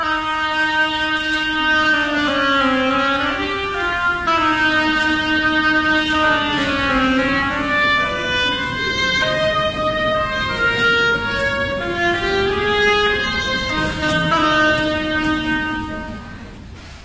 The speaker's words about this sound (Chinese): 我们再来听听双簧管的声音，它代表了呱呱叫的小鸭子。